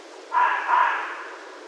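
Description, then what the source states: Red fox barking once, a rough, raspy call in two quick pulses that fades away, over a low steady hiss. Recorded 16 January 2012.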